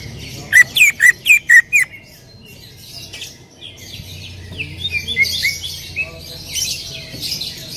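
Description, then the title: Bird giving five loud, clear whistled notes in quick succession, followed by softer scattered chirps. "Kicau Burung"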